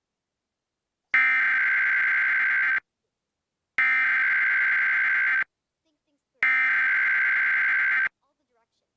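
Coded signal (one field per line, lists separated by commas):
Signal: Emergency Alert System (SAME) tones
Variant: header bursts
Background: speech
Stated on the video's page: Real child abduction AMBER alert relayed by a public TV station, issued at the request of the Texas Division of Emergency Management.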